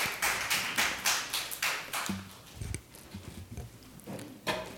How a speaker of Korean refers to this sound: 하나님께 영광의 박수 돌려드립니다.